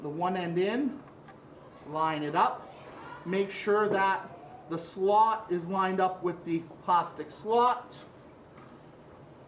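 A second RAM module is being lined up with the plastic key in a motherboard DIMM slot before it is pushed down, while someone talks throughout. Nothing has seated or clicked yet.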